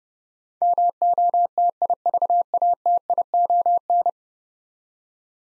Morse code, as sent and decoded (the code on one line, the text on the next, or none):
-- --- - .. ...- .- - .. --- -.
MOTIVATION